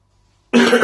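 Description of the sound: After a brief quiet pause, a single loud, harsh cough from an adult man bursts out suddenly and lasts about a third of a second. It is an ordinary isolated cough, interrupting speech mid-sentence, with a dry, throat-clearing quality.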